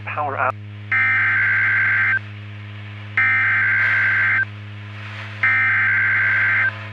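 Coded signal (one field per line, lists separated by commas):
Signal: Emergency Alert System (SAME) tones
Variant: header bursts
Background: speech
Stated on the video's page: Fictional EAS scenario.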